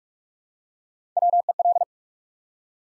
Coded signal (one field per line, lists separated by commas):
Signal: Morse code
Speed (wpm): 44 wpm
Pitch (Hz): 700 Hz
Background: none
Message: WEL